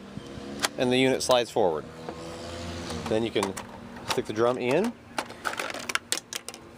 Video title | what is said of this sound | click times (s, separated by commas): X Shot Turbo Advance unboxing, demo and review | looks like I didn't click that in well enough it | none